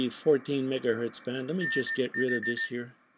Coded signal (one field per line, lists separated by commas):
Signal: Morse code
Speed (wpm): 17 wpm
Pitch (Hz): 1800 Hz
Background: speech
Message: NH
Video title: QS1R SDRMAX3 Demo